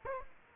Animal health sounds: mosquito wingbeat signal from an infrared sensor; Culex quinquefasciatus

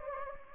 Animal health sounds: mosquito wingbeat signal from an infrared sensor; Anopheles gambiae

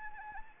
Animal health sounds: mosquito wingbeat signal from an infrared sensor; Anopheles arabiensis

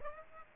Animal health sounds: mosquito wingbeat signal from an infrared sensor; Aedes aegypti

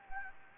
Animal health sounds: mosquito wingbeat signal from an infrared sensor; Anopheles gambiae

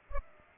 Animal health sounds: mosquito wingbeat signal from an infrared sensor; Culex pipiens

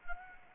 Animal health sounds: mosquito wingbeat signal from an infrared sensor; Anopheles arabiensis

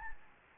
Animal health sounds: mosquito wingbeat signal from an infrared sensor; Anopheles gambiae

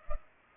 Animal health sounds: mosquito wingbeat signal from an infrared sensor; Culex pipiens

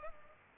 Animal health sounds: mosquito wingbeat signal from an infrared sensor; Culex pipiens

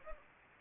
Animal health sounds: mosquito wingbeat signal from an infrared sensor; Anopheles gambiae

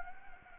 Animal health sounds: mosquito wingbeat signal from an infrared sensor; Anopheles gambiae

